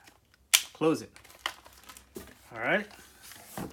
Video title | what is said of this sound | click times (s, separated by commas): Unboxing WOWGO Cordless Stick Vacuum Cleaner | See, push it in, you hear a little click. | 0.6 s